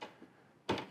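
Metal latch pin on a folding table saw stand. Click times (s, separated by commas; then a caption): 0.7 s. The metal pin of a folding stand for a Machorool 10-inch jobsite table saw is hooked under the first catch, and the metal latch is pushed until it locks in place. A faint knock comes early, then a single sharp click at 0.7 s as the latch seats.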